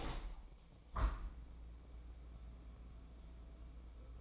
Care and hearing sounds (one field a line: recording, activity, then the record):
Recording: daily activity, microphone in the room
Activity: open window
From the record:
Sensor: 1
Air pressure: 1012.4 hPa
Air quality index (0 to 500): 169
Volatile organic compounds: 3 ppm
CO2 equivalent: 1378 ppm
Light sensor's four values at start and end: 151/337/149/157 and 150/337/149/156